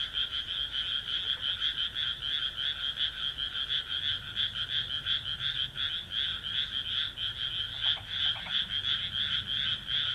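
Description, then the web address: Frog chorus: dense, high trilling croaks pulsing rapidly, with brief lower clicking notes near the eighth second. "kaeru kaeru"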